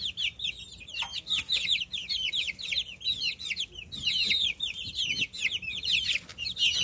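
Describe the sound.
Chicks peeping constantly, a dense flock of shrill, high chirps tumbling over one another with hardly a pause.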